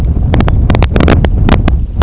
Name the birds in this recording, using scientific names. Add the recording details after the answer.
Calidris pusilla. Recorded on Arctic tundra, site IGLO-D, on 23 June 2018. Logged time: 20:00